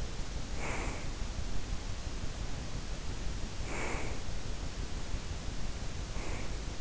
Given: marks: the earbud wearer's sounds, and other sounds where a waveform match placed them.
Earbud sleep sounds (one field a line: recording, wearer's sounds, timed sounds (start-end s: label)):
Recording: sounds in sleep by an in-ear microphone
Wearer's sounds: breath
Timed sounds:
0.38-1.29 s: breath
3.34-4.45 s: breath
5.88-6.81 s: breath